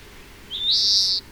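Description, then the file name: European greenfinch giving a single drawn-out wheeze that rises and then holds steady, against a quiet background. "Chloris chloris"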